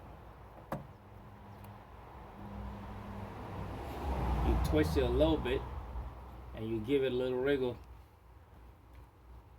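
A headlight bulb socket is twisted into the headlight housing of a 2014 Cadillac ATS until it locks and seats, with a short, sharp click at 0.7 s. Afterward someone talks while the socket is twisted and wriggled into place, over low background hum.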